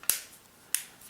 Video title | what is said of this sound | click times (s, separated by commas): samsung galaxy mega 6.3 in 2021 | it snaps into place | 0.1 s, 0.8 s